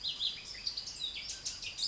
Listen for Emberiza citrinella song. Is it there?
no